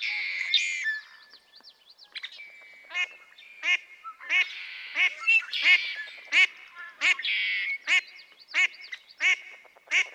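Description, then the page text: Mallard quacking: harsh, nasal quacks repeated steadily about every two-thirds of a second, with other songbirds singing and chirping in the background. Female quacking persistently for minutes on end; recorded March 18, 2017, at Harmony Headlands State Park, Cayucos, California. "Birdsong for the Curious Naturalist. Mallard"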